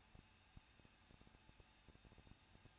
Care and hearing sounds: daily activity, microphone in the room; no activity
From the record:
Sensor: 2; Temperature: 21.0 degrees Celsius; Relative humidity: 37.3%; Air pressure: 1006.2 hPa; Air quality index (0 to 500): 221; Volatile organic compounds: 23 ppm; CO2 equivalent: 2795 ppm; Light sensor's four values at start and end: 2/3/2/2 and 2/3/2/2

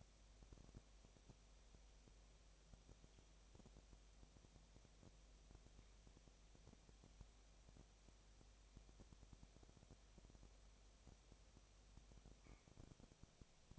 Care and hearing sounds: daily activity, microphone in the room; no activity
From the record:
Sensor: 1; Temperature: 19.8 degrees Celsius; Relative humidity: 37.9%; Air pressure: 998.8 hPa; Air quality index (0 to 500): 233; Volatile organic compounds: 134 ppm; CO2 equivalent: 3948 ppm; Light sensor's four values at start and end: 1/2/1/1 and 1/2/1/1

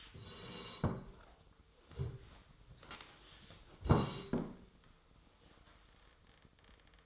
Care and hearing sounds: daily activity, microphone in the room; sit down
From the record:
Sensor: 3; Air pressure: 1005.2 hPa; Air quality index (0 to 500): 94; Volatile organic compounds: 3 ppm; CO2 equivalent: 1462 ppm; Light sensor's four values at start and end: 8/18/8/8 and 10/22/9/9

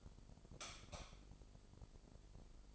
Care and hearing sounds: daily activity, microphone in the room; light off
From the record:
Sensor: 5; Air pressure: 995.4 hPa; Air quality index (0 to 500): 94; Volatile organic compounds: 5 ppm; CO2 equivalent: 1771 ppm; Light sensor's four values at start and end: 36/87/35/35 and 35/81/33/33

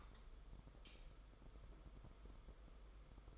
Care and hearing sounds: daily activity, microphone in the room; light on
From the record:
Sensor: 5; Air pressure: 991.1 hPa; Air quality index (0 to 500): 108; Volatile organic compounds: 24 ppm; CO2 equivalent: 2805 ppm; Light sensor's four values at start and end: 18/43/17/19 and 19/48/19/21

